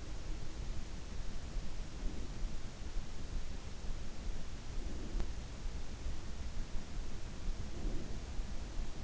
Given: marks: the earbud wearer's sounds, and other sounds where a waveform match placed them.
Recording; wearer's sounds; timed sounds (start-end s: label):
sounds in sleep by an in-ear microphone; breath
1.78-2.62 s: breath
4.79-5.37 s: breath
7.51-8.06 s: breath